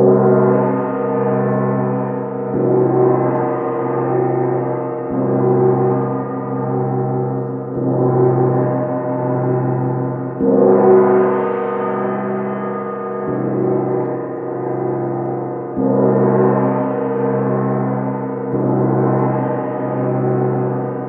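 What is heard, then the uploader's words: A heart gong rings continuously in a deep, rich drone, struck again about every two and a half seconds with a soft onset that swells the sound. Low tones dominate, with shimmering overtones that rise and fade in slow waves, steady throughout. Healing with the Sounds of Heart Gong.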